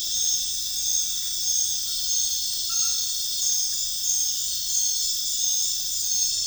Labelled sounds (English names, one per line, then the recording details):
none
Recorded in pastures near Puerto Asís, Putumayo, Colombia, on 25 June 2025 at 21:00
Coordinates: 0.466, -76.322
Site GP07